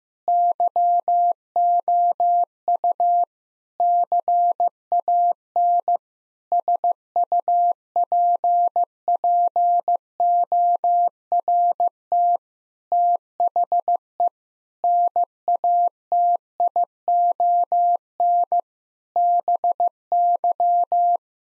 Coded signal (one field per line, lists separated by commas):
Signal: Morse code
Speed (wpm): 16 wpm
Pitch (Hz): 700 Hz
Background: none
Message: YOU CAN SUPPORT THE NATION BY